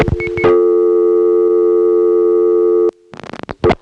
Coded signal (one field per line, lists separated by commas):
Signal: telephone call progress tone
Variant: North America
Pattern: dial tone